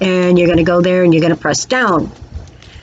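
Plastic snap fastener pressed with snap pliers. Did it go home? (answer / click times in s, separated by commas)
no / none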